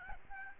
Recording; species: mosquito wingbeat signal from an infrared sensor; Aedes albopictus